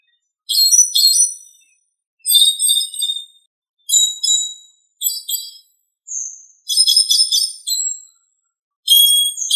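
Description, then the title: Thrush song of repeated high whistled phrases, each a rapid cluster of ringing notes, one smooth falling whistle mid-sequence, gaps between phrases, quiet background. "Sabia"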